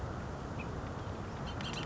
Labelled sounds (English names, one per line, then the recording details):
Bullock's Oriole
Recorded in Sonoma County, California